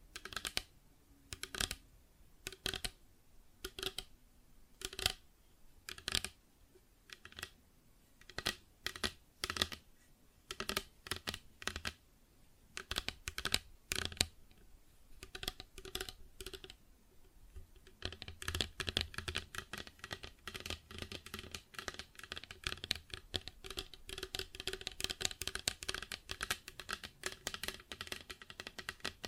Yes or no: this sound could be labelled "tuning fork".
no